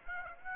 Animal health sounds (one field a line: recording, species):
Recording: mosquito wingbeat signal from an infrared sensor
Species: Aedes aegypti